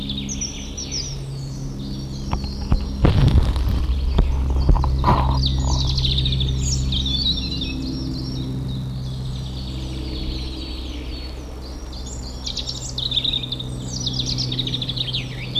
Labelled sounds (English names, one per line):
European Robin song